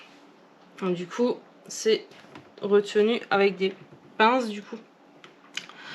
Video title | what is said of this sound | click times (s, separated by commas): Unboxing de la Figurine Bulma Gigantic 🟠🎀 | Normalement, la pince, elle se clipse un petit peu mieux que ça. | 5.6 s